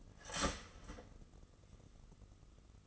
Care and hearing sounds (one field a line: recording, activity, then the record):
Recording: daily activity, microphone in the room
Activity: start toaster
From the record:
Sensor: 4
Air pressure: 996.0 hPa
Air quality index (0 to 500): 68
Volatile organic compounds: 2 ppm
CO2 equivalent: 1244 ppm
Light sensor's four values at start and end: 12/28/11/12 and 12/28/11/12